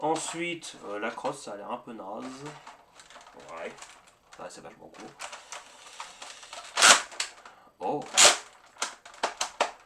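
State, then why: Seated. Someone talks, then racks the plastic priming slide of a foam dart blaster back and brings it forward, producing a series of sharp plastic clicks from about 5.5 s onward. The slide locks forward at 9.6 s, and it locks well; this is checked because some blasters lock badly when the slide returns forward.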